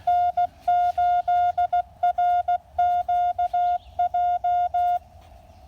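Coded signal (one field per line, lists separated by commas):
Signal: Morse code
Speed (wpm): 16 wpm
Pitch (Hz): 2850 Hz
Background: none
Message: N8RQJ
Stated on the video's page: CW during a Blue Ridge Parkway park activation using a lab599 TX-500 and a CHA MPAS 2.0 antenna.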